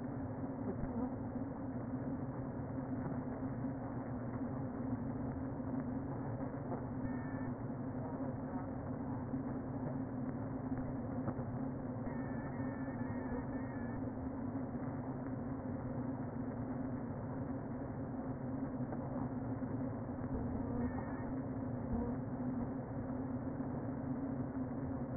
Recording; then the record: honeybee colony, microphone inside the hive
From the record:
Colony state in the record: queen present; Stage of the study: before two queens were removed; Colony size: about 60,000 bees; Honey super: yes